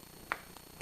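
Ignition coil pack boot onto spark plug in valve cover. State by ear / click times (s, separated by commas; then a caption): seated / 0.3 s. The rubber boot of an ignition coil pack on a ZX6R motorcycle is pushed down onto the spark plug in the valve cover. Against a low, steady rumble, a sharp pop at 0.3 s seats the boot, followed by a fainter tick at 0.6 s.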